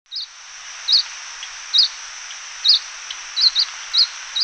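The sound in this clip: Lemon-bellied white-eye calls, short high notes repeated several times at uneven intervals, steady background hiss throughout.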